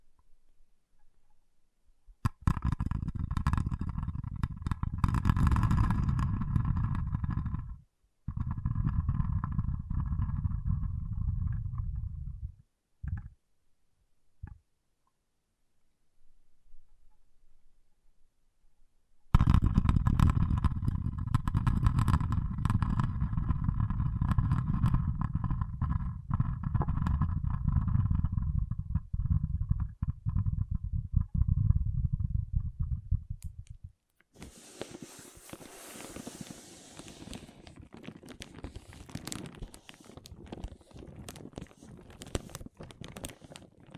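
Water beads give a deep, dense rumbling churn in long bursts: one from about 2 to 12 seconds with a short break, a few brief knocks around 13 seconds, then a quiet gap. A longer rumble runs from 19 to 34 seconds, followed by a brighter, hissy, crackling texture to the end.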